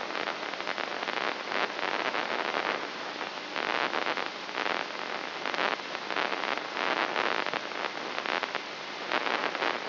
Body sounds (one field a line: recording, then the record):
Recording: brain microelectrode recording played as sound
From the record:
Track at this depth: outside the subthalamic nucleus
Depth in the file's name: 2.536 mm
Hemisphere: left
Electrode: 3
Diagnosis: Parkinson's disease